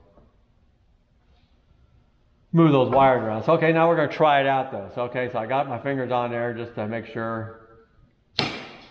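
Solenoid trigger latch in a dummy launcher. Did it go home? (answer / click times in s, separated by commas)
released / 8.4 s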